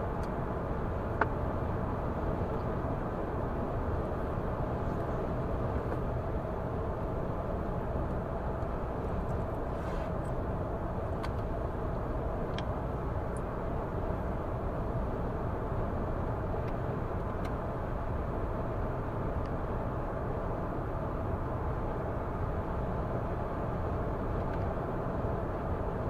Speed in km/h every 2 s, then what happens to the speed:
111, 111, 111, 111, 107, 105, 105, 104, 108, 109, 111, 111, 111.
0-26 steady at about 111.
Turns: none.